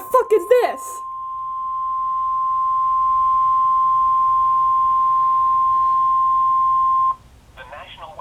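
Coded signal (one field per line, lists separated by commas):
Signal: Emergency Alert System (SAME) tones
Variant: 1050 Hz attention tone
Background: speech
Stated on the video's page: Marine warning alert.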